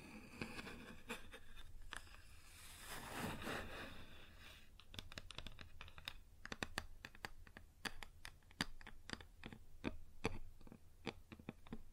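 Fingers scratch and rub across a wooden surface for the first few seconds, a rough, hissing scrape that swells around three seconds. After about five seconds sharp, bright taps take over, landing irregularly at roughly one or two per second until the end, over a faint low hum.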